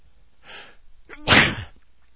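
A soft breathy intake is followed, after a brief pause, by one sharp, loud, hissing burst that fades over about half a second. This is a single male sneeze.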